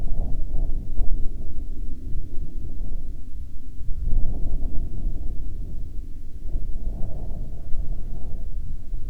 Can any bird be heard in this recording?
no